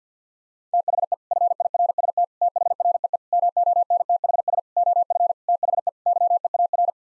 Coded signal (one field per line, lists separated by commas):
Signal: Morse code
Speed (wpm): 50 wpm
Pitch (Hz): 700 Hz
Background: none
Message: THE FIRST THREE MONTHS OF THE YEAR